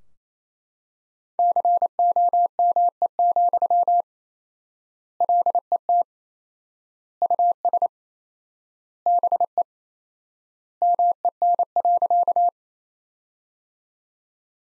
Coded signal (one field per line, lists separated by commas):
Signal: Morse code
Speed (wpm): 28 wpm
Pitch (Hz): 700 Hz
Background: none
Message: COME, LET US BE MEN.